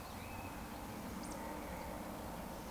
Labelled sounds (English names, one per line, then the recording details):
Eurasian Woodcock whistle
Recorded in Baden-Württemberg, Germany, on 13 June 2020 at 19:59 UTC
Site 14569, 102 m above sea level